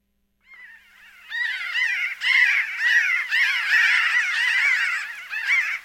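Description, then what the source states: Pinyon jays calling, many overlapping nasal, mewing notes from a flock, rising and falling in quick succession for about five seconds. Extremely social species forming flocks of 15 to several hundred birds, foraging together and always calling to each other to stay in contact.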